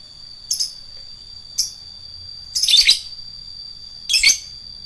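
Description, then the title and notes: Lovebird chirps: four shrill, high bursts, two brief single notes followed by two longer rasping clusters, with a steady high tone humming underneath. Adult lovebird of the fighter type. "LOVEBIRD FIGTER. Lovebird Dewasa"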